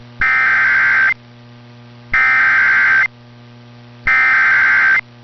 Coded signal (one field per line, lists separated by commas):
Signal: Emergency Alert System (SAME) tones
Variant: header bursts